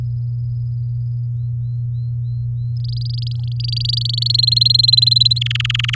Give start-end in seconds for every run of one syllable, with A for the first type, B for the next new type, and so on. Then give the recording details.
2.77-4.28 A, 4.30-5.39 B, 5.41-5.95 C. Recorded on 8 May 2018 at 16:01. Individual llb16